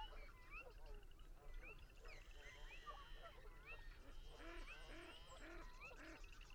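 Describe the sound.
Birds in a crowded chorus, twisting whistles and chirps over repeated low honking notes, with a constant deep background rumble.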